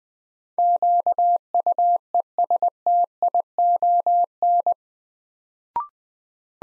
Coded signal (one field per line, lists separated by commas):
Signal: Morse code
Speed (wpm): 20 wpm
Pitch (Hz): 700 Hz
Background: none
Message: QUESTION